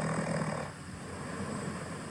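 A low, rough, fluttering rumble with a buzzing quality runs through the first part of a breath, then fades to a quieter, softer rattle. This is ordinary snoring, caused by the soft tissues of the throat vibrating during sleep.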